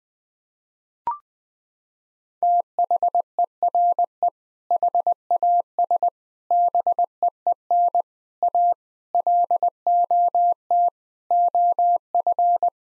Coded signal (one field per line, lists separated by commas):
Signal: Morse code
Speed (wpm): 20 wpm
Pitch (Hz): 700 Hz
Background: none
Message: THERE HAS BEEN A LOT OF